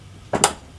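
A desktop memory module is pressed into its motherboard DIMM slot until the plastic retention clip snaps shut, seating the module. Two sharp clicks are heard at 0.3 s and 0.4 s, the second louder and brighter, over a quiet background.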